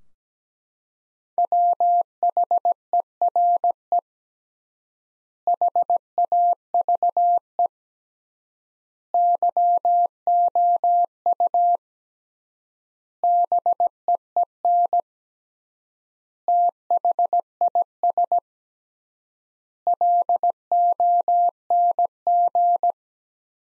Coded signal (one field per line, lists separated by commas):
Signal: Morse code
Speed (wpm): 17 wpm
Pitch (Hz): 700 Hz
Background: none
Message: WHERE HAVE YOU BEEN THIS LONG